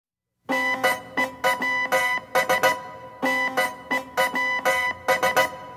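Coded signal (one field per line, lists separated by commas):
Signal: Morse code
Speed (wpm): 16 wpm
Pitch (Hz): 2000 Hz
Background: music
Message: NEWS NEWS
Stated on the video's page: Morse Music, a 1974 library music track.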